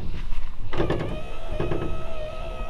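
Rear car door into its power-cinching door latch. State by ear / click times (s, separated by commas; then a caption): seated / 0.7 s, 0.9 s. The rear suicide door of a custom 1955 Cadillac is brought close to its latch, taken from a 1970s Cadillac, and a power cinch motor pulls it shut. Thunks of the latch seating are heard at 0.7 s and 0.9 s, followed by a steady tonal hum. The door is pulled fully shut and latched.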